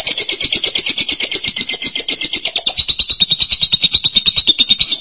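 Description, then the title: Lovebird continuous trill, high buzzy notes pulsing very quickly and evenly throughout, pitch easing slightly downward. "BM Suara Burung Lovebird"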